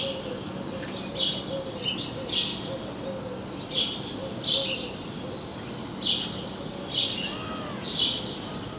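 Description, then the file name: House sparrow giving a series of brief, clipped chirps, set against steady hiss and a faint low drone. "Passer domesticus"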